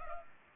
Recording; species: mosquito wingbeat signal from an infrared sensor; Culex pipiens